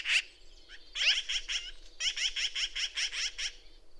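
Bird song: one sharp note, then uneven bursts of fast, chattering notes building into a steady series of rasping, repeated notes.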